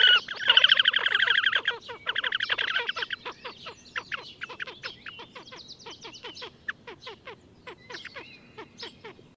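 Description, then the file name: Horned grebe opens with a loud squealing trill, then breaks into rapid repeated clipped notes that gradually fade. "Krasnoshejnaya poganka - lat Podiceps auritus Patrik berg"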